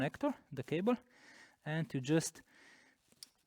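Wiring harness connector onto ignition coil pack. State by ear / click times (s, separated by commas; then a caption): seated / 3.1 s, 3.2 s. Someone talks while pushing a plastic wiring harness connector onto the new ignition coil pack of a 1.4 16v AUA engine in an Audi A2. Two short clicks follow at 3.1 and 3.2 seconds as the connector latches and is seated.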